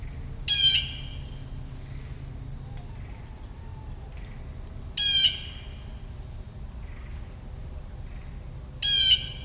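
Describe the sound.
Bird repeating a short harsh, rasping squawk about every four seconds, three times, over a constant high-pitched hiss and low rumble.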